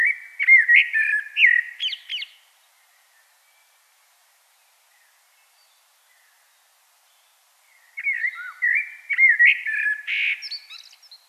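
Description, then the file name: Common blackbird delivering a short, rich fluted phrase ending in a high twitter, a long silent pause, then a second similar phrase. "Turdus merula"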